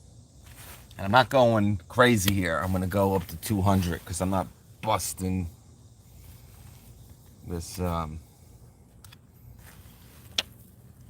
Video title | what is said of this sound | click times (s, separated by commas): Bauer 20v HYPERMAX 3/8"Compact Impact Wrench Removing Lug Nuts (1783C-B) | All right, so we got it at 130. You heard it click. | 10.4 s